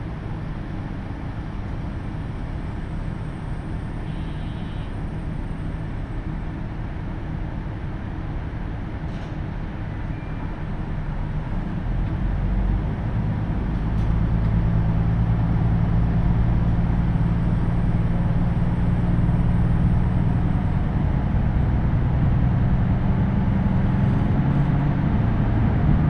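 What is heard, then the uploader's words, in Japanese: A KiHa 75 diesel train runs on the Takayama Main Line, giving a steady low rumble throughout. Around thirteen seconds the sound swells louder as the engine's deep droning tones rise and hold, with faint higher hiss above. 高山本線 岐阜→美濃太田（キハ75）。車両はキハ75系で快速みえ号にも使われています。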